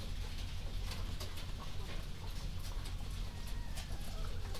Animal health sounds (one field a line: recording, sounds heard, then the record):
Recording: poultry house recording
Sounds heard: healthy chickens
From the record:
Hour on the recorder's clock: 1